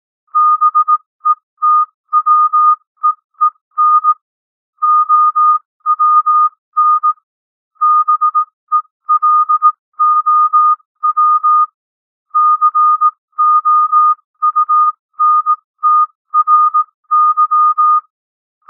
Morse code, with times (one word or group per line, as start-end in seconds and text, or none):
0.4-4.1 BETWEEN
4.8-7.1 OWN
7.8-11.6 BELOW
12.4-18.0 COUNTRY